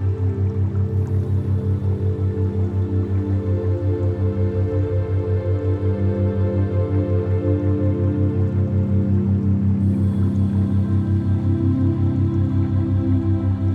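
A steady binaural beat hums under a dense wash of running water. Low tones throb in a fast, even pulse, several times a second, with rich layered drones above and a soft hiss of water. Nothing changes much over the whole stretch.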